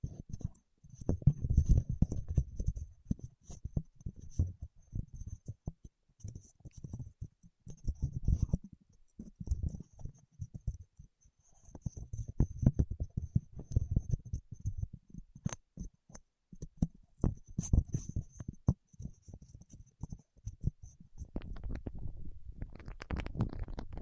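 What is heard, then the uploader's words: Wax rubbed and squeezed under fingertips makes dense, low, squelching rumbles in uneven bursts, with sharp clicks and faint high crackle throughout. ASMR with Wax Fingertips for Sleep (No Talking).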